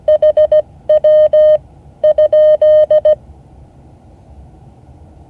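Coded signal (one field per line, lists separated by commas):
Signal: Morse code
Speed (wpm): 17 wpm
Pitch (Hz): 610 Hz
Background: none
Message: HW?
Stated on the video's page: Morse code class session.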